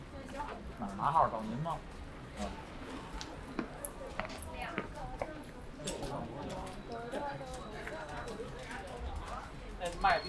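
People chatter continuously along a hutong on the way to a noodle meal, with scattered clacks and sharp squeaks near the start and end.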